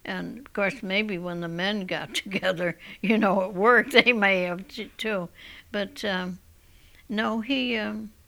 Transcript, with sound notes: Of course, maybe when the men got together, ( she laughs ) you know, at work, they may have, too. But, uh, no, he, uh,